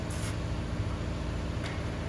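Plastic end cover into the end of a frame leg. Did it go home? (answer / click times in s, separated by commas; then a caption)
no / none. A plastic end cover is handled and lined up at the end of a frame leg on a DS-100 Drum Sorter, ready to be pressed in. A steady low hum runs throughout, with two brief soft hissy rustles around 0.2 s and 1.7 s. Nothing has seated or clicked yet.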